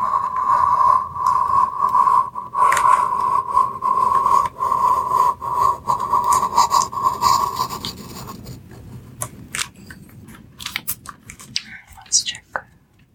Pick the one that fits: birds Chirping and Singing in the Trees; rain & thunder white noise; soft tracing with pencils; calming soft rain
soft tracing with pencils